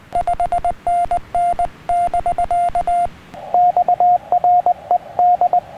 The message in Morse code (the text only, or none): 5NN <BK> X RED